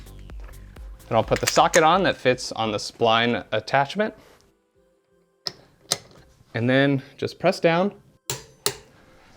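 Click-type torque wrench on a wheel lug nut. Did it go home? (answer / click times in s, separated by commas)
yes / 8.3 s, 8.7 s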